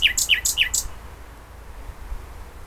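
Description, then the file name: Common nightingale song, a brisk phrase of three quick repeated high chirping notes in under a second, then quiet with low background rumble. "Luscinia megarhynchos"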